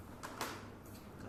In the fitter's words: Klik nanti akan mengunci akan ngelock tidak akan lepas